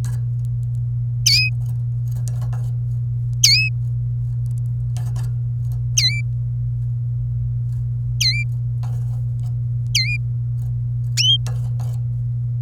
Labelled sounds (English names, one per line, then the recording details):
Domestic Canary song
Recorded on 27 April 2018 at 05:46
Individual llb3